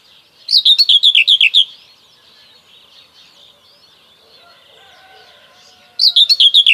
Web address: Kurs PTTK Kurs materiały 01 Przyroda Ptaki Cierniówka